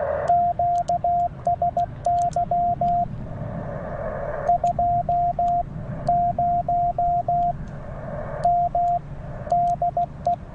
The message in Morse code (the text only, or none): QSY 20M DE